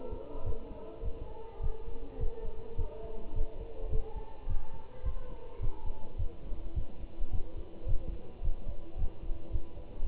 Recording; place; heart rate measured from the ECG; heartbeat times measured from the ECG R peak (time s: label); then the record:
heart sounds by stethoscope; between the tricuspid and mitral areas; 106 bpm
0.46 s: heartbeat
1.04 s: heartbeat
1.62 s: heartbeat
2.20 s: heartbeat
2.78 s: heartbeat
3.35 s: heartbeat
3.92 s: heartbeat
4.49 s: heartbeat
5.05 s: heartbeat
5.62 s: heartbeat
6.18 s: heartbeat
6.76 s: heartbeat
7.32 s: heartbeat
7.88 s: heartbeat
8.44 s: heartbeat
8.98 s: heartbeat
9.52 s: heartbeat
10.05 s: heartbeat
From the record:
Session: Bruce protocol treadmill stress test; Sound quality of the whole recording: good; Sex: male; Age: 25 years